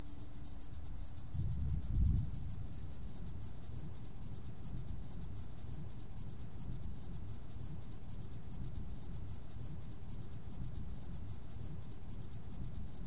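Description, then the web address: Insects in a dense, continuous high-pitched chorus of fast pulsing trills, with a brief low rumble near the start. Summer evening. "suono di una serata estiva insetti forte tuono"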